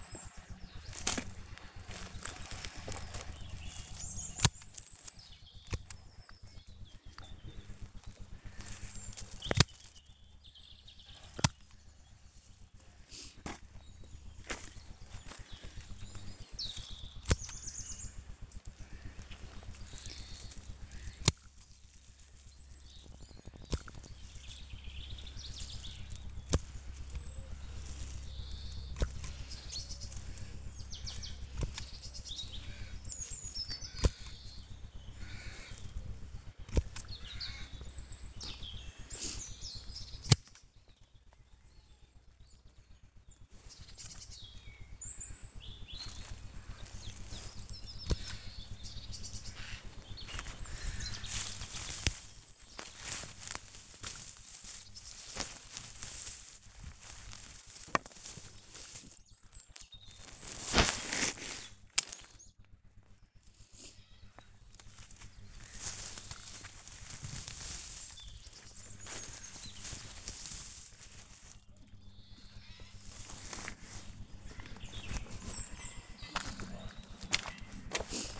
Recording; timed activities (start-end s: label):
household activities, microphone on the right wrist
0.00-78.40 s: removing plants (near water)